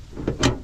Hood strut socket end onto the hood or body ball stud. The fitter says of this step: So you raise the hood a little bit, and you should hear a nice click sound.